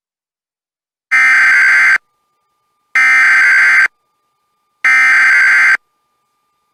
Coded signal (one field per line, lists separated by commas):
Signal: Emergency Alert System (SAME) tones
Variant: header bursts